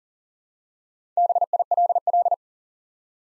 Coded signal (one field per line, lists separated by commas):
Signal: Morse code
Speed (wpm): 43 wpm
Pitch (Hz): 700 Hz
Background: none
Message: BILL